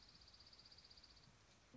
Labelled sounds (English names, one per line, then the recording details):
Dark-eyed Junco
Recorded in Sonoma County, California